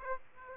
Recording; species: mosquito wingbeat signal from an infrared sensor; Aedes aegypti